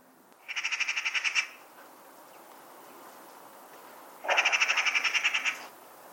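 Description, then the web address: Bird giving two grating, pulsed rattles, each about a second long with a dozen quick beats, separated by a few seconds of quiet. "cianscape birddata Deverinetal 2025"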